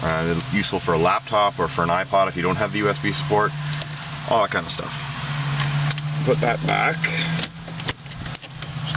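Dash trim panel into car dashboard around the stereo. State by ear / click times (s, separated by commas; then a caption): seated / 7.9 s, 8.9 s. Someone talks over a low steady hum while a dash trim panel is put back over the stereo area of a car dashboard and pressed in. It snaps into place with sharp clicks at 7.9 s and 9.0 s, seated.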